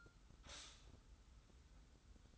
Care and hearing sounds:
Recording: daily activity, microphone in the room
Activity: stop toaster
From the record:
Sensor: 3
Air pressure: 990.7 hPa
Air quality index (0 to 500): 157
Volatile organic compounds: 695 ppm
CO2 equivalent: 5037 ppm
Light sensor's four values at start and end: 35/82/33/31 and 35/82/33/31

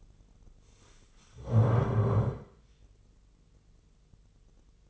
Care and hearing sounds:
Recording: daily activity, microphone in the room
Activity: stand up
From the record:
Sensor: 4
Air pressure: 996.7 hPa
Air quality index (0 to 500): 241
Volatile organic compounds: 351 ppm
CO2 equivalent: 4585 ppm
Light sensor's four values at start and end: 47/116/48/48 and 47/115/47/47

